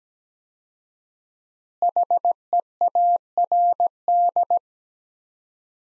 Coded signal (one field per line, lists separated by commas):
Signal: Morse code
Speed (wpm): 17 wpm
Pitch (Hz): 700 Hz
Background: none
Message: HEARD